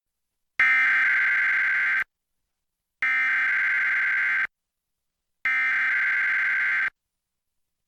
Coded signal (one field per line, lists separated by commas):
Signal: Emergency Alert System (SAME) tones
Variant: header bursts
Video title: EAS #581: EAS Required Monthly Test- Nov. 10, 2021- 8:34AM PST